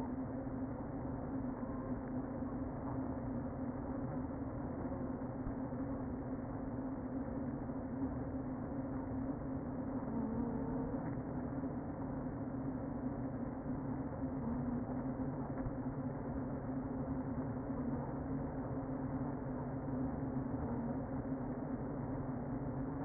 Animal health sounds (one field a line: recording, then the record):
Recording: honeybee colony, microphone inside the hive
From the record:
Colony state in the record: queen present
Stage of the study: before two queens were removed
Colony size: about 60,000 bees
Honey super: yes